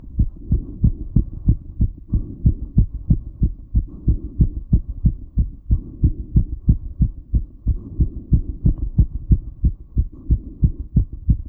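A racing adult heartbeat, heard up close: rapid, steady low-pitched thumps.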